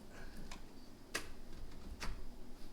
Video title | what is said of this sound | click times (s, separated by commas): 2017-2019 6.7 POWERSTROKE FUEL FILTER CHANGE | she's locked in place you'll hear | 1.1 s